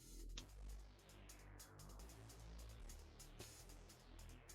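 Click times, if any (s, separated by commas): 0.4 s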